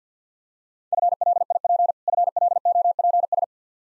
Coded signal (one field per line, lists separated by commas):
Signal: Morse code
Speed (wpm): 50 wpm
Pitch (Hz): 700 Hz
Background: none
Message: FLIP FLOPS